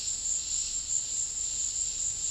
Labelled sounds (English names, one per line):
none